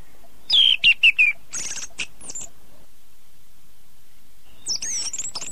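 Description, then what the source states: Bird song with bright chirps and a falling whistled note, a few sharp high bursts, then a pause before a twisting high warbled phrase. Bird chirping song used to train and condition pet birds.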